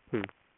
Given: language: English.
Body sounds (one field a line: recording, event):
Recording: throat vibration sensor signal played as sound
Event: speech